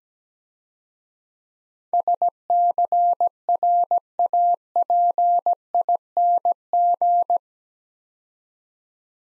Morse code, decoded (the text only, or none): SCRAPING